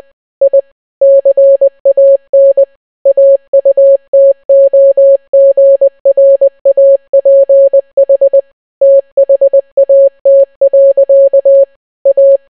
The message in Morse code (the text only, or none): I CAN AUTOGRAPH THAT. A